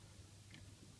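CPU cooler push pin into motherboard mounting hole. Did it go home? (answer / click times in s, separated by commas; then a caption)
no / none. A plastic push pin of a CPU cooler resting on the socket is pressed toward a motherboard mounting hole, with a low steady hum and a faint brief tick near 0.5 s. Nothing has seated or clicked yet; the pin is still being handled and has not snapped home.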